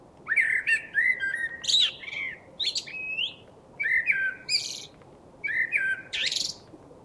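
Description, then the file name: Common blackbird singing mellow, fluty whistled phrases, each ending in high scratchy twittering, delivered in several bursts separated by short pauses. "Turdus merula"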